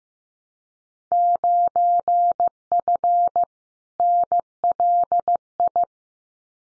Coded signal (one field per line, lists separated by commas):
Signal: Morse code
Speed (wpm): 15 wpm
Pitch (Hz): 700 Hz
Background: none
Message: 9F NLI